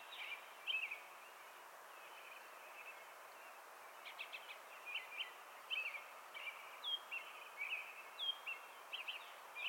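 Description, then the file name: Song sparrow with sparse chirps at first, then a quicker run of sharp, clicking notes and short slurred whistles in the second half, over constant hiss. "Melospiza melodia - Song Sparrow"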